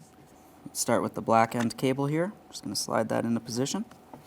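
Someone talks while sliding the black-ended door release cable into position on the inner door handle of a 2015-2019 Subaru Outback during a rear window switch replacement. Only faint handling noise is heard under the talking, with a brief faint tick near 4.1 s. The cable end has not seated or clicked into place yet.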